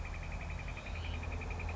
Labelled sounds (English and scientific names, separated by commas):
Northern Flicker (Colaptes auratus)